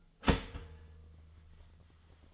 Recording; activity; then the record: daily activity, microphone in the room; start toaster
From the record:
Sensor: 4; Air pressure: 1010.1 hPa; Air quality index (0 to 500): 181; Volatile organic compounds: 5 ppm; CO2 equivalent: 1828 ppm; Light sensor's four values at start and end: 21/65/25/25 and 22/66/26/25